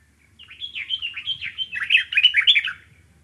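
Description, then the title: Dark-capped bulbul giving a rapid run of liquid, chortling notes, louder in the second half before fading at the end. Okavango. "intotheokavango dark capped bulbul"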